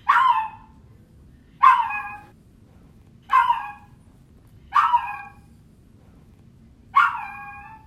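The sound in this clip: Dog whining: five short yelps spaced roughly one and a half to two seconds apart, with quiet pauses between them.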